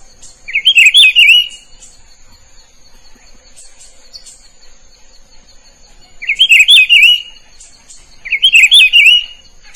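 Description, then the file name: Rufous-browed peppershrike repeating a short warbled whistled phrase three times, the first near the start and the next two closer together after a long pause. "canto do pitiguari"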